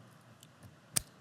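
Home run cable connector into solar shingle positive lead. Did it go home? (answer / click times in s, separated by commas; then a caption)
yes / 1.0 s. A home run cable plug is pushed into the positive lead of a CertainTeed Solstice solar roofing shingle, giving a faint tick at 0.4 s. A sharp, bright click follows at 1.0 s as the connector seats. The click is confirmed as heard, and the connection is made.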